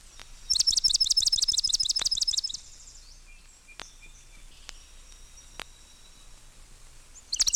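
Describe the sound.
Swamp Sparrow song: a steady trill of many high, sharp, evenly spaced notes lasting about two seconds, then quiet with faint clicks before another trill begins at the end.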